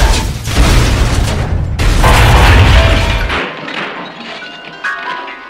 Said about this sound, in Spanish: ¡Eso hemos hecho! ¿Acaba de caer el puto cabeza pirámide en el piano? ¡Dios, lo ha reventado!